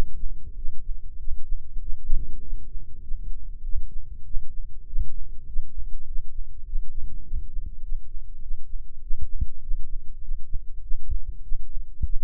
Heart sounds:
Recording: heart sounds by microphone in the right ear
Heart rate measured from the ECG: 99 bpm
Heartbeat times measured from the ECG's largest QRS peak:
0.53 s: heartbeat
1.16 s: heartbeat
1.78 s: heartbeat
2.39 s: heartbeat
3.00 s: heartbeat
3.61 s: heartbeat
4.23 s: heartbeat
4.84 s: heartbeat
5.44 s: heartbeat
6.04 s: heartbeat
6.63 s: heartbeat
7.22 s: heartbeat
7.80 s: heartbeat
8.39 s: heartbeat
8.99 s: heartbeat
9.59 s: heartbeat
10.19 s: heartbeat
10.80 s: heartbeat
11.40 s: heartbeat
12.02 s: heartbeat
From the record:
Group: healthy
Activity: rest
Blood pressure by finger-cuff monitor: 94/63 mmHg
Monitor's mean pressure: 72 mmHg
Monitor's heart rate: 99 bpm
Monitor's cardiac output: 8 L/min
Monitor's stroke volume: 82 mL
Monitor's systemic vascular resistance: 650 dyn s/cm5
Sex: male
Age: 19 years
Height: 178 cm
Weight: 83 kg

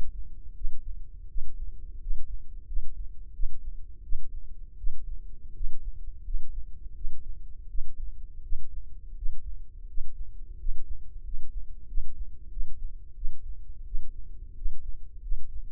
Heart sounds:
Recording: heart sounds by microphone in the left ear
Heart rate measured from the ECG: 86 bpm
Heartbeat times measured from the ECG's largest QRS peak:
0.53 s: heartbeat
1.26 s: heartbeat
1.98 s: heartbeat
2.64 s: heartbeat
3.31 s: heartbeat
4.00 s: heartbeat
4.75 s: heartbeat
5.51 s: heartbeat
6.21 s: heartbeat
6.92 s: heartbeat
7.66 s: heartbeat
8.40 s: heartbeat
9.13 s: heartbeat
9.85 s: heartbeat
10.55 s: heartbeat
11.21 s: heartbeat
11.84 s: heartbeat
12.48 s: heartbeat
13.13 s: heartbeat
13.83 s: heartbeat
14.53 s: heartbeat
15.19 s: heartbeat
From the record:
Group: healthy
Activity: rest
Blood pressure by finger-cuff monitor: 120/85 mmHg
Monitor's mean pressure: 96 mmHg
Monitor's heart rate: 85 bpm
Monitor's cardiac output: 6.3 L/min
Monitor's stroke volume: 73 mL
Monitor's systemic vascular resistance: 1130 dyn s/cm5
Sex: male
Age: 21 years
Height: 180 cm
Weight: 67.5 kg

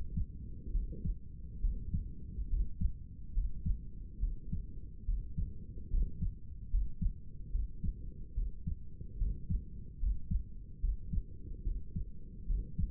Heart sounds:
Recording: heart sounds by stethoscope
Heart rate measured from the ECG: 72 bpm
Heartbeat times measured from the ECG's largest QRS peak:
0.72 s: heartbeat
1.61 s: heartbeat
2.49 s: heartbeat
3.33 s: heartbeat
4.20 s: heartbeat
5.05 s: heartbeat
5.90 s: heartbeat
6.70 s: heartbeat
7.51 s: heartbeat
8.34 s: heartbeat
9.18 s: heartbeat
9.99 s: heartbeat
10.81 s: heartbeat
11.63 s: heartbeat
12.46 s: heartbeat
From the record:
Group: healthy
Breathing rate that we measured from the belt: 16 breaths a minute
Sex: male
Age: 35 years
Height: 180 cm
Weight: 86.9 kg

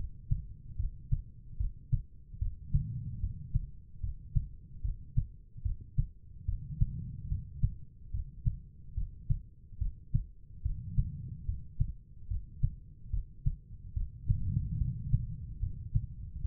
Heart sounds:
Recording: heart sounds by stethoscope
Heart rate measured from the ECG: 73 bpm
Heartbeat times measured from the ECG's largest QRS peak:
0.76 s: heartbeat
1.57 s: heartbeat
2.38 s: heartbeat
3.20 s: heartbeat
4.00 s: heartbeat
4.81 s: heartbeat
5.62 s: heartbeat
6.45 s: heartbeat
7.28 s: heartbeat
8.11 s: heartbeat
8.94 s: heartbeat
9.78 s: heartbeat
10.62 s: heartbeat
11.45 s: heartbeat
12.27 s: heartbeat
13.10 s: heartbeat
13.93 s: heartbeat
14.77 s: heartbeat
15.59 s: heartbeat
16.41 s: heartbeat
From the record:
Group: healthy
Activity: rest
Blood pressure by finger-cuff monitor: 100/68 mmHg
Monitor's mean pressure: 82 mmHg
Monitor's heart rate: 73 bpm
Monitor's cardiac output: 5.6 L/min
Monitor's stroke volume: 77 mL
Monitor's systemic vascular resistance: 1060 dyn s/cm5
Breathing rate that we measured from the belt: 15 breaths a minute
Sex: female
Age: 43 years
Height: 160 cm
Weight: 90 kg

